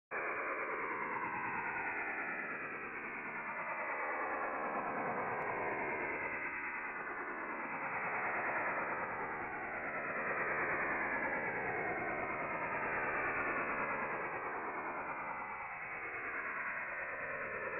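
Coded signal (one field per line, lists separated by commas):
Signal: HF data modem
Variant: STANAG 4285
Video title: French Navy STANAG 4285 Signal Decoding 8646 KHz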